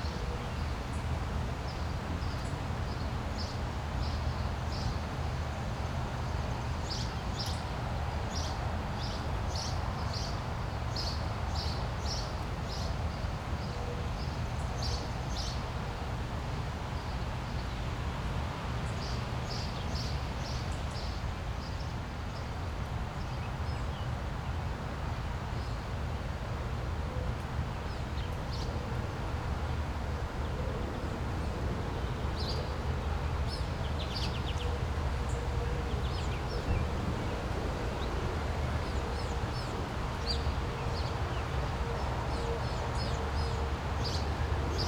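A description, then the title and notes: A light wind rumbles low and steady through a suburban outdoor scene, keeping a constant hushing bed for the full length. High, thin bird chirps flicker in short bursts, clustered early and again after the midpoint, while a faint hum sits underneath. Light Windy Day in the Suburbs.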